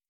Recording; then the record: hydrophone in a shrimp aquaculture tank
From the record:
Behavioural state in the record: starved